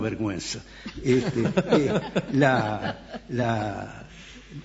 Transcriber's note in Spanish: risas